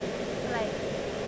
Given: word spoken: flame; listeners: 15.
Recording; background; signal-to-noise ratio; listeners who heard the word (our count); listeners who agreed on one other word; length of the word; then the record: one English word in noise, from a listening test; speech-shaped noise; -5.9 dB; 0 of 15; 9 of 15; 0.88 s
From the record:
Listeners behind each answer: 9, 1, 1, 1, 1, 1, 1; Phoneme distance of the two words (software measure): 17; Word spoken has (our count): 1 syllable, 4 phonemes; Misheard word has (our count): 1 syllable, 3 phonemes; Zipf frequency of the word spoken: 4.05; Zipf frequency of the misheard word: 5.69